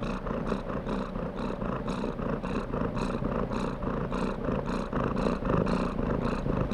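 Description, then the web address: Domestic cat purring, a coarse rhythmic rumble pulsing about four times per second, steady and continuous throughout. Contented domestic cat purring while being petted. "cat purring and meowing animal purring contented animal x purring being petted animal"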